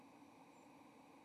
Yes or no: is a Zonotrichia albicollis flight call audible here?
yes